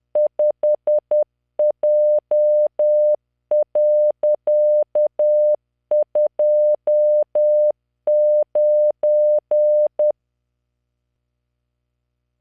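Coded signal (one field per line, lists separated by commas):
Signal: Morse code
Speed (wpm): 10 wpm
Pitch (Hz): 600 Hz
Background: none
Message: 5J.29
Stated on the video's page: Morse practice generated by the Learning Morse V.0.83 training software at 10 WPM, 600 Hz tone, standard 3-dot spacing, random five-character groups.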